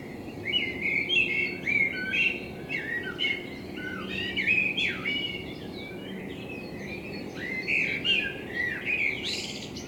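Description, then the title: Common blackbird singing a dense run of fluty whistles and chuckles, with scratchy high notes scattered through and a low hum underneath. Blackbird in front of the recordist's window; captured binaurally with a self-built dummy head, for headphone listening. "Kunstkopfaufnahme der Amsel vor meinem Fenster"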